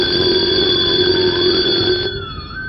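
An alarm clock rings with a loud, steady, high electronic tone that holds for about two seconds, then abruptly drops off and fades, with no voices.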